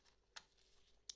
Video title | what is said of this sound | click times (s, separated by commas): How to change the battery In Fujifilm instax Square SQ20 Battery type NP-45s | it will go and lock into place here | 1.1 s